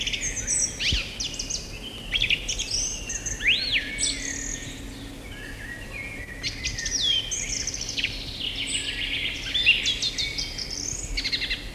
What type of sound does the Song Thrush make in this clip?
song